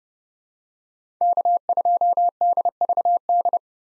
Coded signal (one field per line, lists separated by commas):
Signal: Morse code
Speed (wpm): 30 wpm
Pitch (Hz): 700 Hz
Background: none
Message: K2DVD